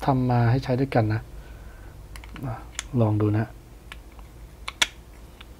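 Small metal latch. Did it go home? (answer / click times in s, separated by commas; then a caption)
yes / 4.8 s. A camera quick-release plate is pushed into a non-magnetic lock-in/lock-out mount base. Someone talks at the start, then small clicks and handling sounds follow, building to a sharp click at 4.8 s. The plate locks into the mount, and the two parts work together.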